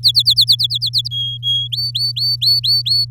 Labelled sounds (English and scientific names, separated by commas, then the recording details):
Domestic Canary (Serinus canaria) song
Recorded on 7 May 2018 at 14:06
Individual llb16